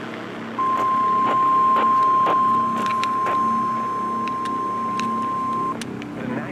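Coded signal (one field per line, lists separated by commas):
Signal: Emergency Alert System (SAME) tones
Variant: 1050 Hz attention tone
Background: speech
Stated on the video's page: Severe thunderstorm and tornado warning EAS alerts.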